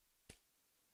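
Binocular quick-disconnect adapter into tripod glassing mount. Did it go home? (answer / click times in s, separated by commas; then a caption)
yes / 0.3 s. A quick-disconnect adapter on a pair of binoculars is slid into the hole in a tripod glassing mount and locks in with a single sharp click at 0.3 s. The adapter is seated and locked in the mount, and the rest of the clip is quiet.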